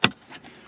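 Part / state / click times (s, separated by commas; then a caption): plastic speaker cover into center console trim / seated / 0.0 s. A plastic speaker grille cover is pressed back onto the center console trim of a 2017 F150 after a wireless charger install. A sharp snap at 0.0 s marks the cover seating in place, followed by faint low rustling.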